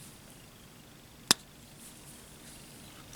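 The blade lock of an all-steel folding knife is unlocked and releases with a single sharp, bright click at 1.3 s over a quiet background. A much fainter tick follows near 3.2 s, and the lock is released.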